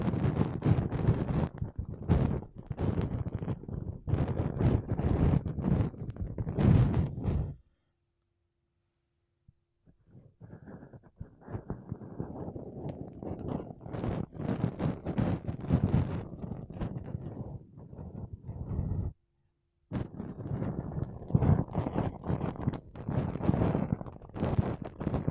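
Makeup brushes and a sponge sweep across a mic in dense, scratchy bursts, with silent gaps near 8 and 19 seconds.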